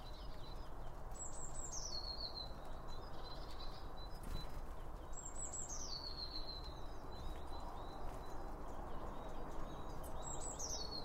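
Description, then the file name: Bird song of three high descending phrases ending in trills, repeated about every four to five seconds, with a few soft chirps and a low rumble. Several birds around a bird feeder, recorded with two Line Audio OM1 microphones. "Birds Around Birdfeeding With Two Om 1 From Line Audio"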